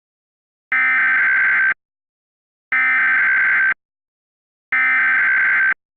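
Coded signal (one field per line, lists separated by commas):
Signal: Emergency Alert System (SAME) tones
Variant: header bursts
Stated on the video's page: Fictional Halloween EAS scenario, not a real alert.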